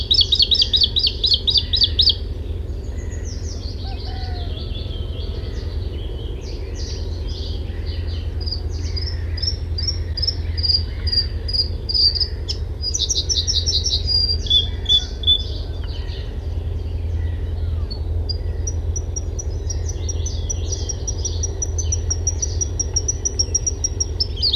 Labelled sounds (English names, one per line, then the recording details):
Bluethroat song
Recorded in the wild
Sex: male
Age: adult
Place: Wegle-Zukowo, Warminsko-Mazurskie, PL
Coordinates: 54.1, 19.45
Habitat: lake
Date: 1966-05-12
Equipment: Nagra III BH
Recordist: Schubert, Michael